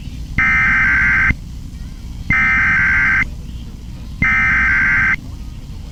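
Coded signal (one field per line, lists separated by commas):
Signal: Emergency Alert System (SAME) tones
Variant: header bursts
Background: speech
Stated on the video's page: Real Tsunami Warning from the National Tsunami Warning Center for coastal Alaska after a magnitude 7.4–7.5 earthquake, captured from an EAS relay live stream.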